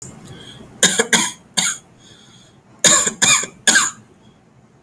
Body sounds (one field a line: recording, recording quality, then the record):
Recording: shallow voluntary cough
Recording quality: excellent, no background noise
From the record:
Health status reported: healthy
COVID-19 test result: negative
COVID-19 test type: RT-PCR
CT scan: not taken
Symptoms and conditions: none ticked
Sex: male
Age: 23 years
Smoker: no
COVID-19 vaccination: one dose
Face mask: not worn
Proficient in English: yes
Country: India